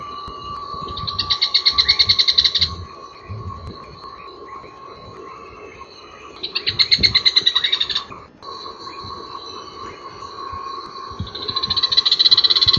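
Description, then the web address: Rufous-collared sparrow song, three short fast trills, set against a continuous monotone background hum and a high buzzing drone. "cantos ticotico"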